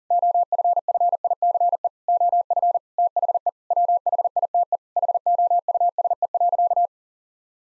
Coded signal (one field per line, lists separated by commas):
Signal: Morse code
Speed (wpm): 37 wpm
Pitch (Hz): 700 Hz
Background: none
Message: OFFICE OF THE WHITE HOUSE.